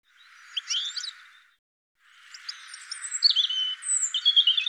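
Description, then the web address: Bird calls: a brief burst of high chirps, a pause, then a longer run of thin whistled and twittering notes that grows busier toward the end. "cianscape birddata"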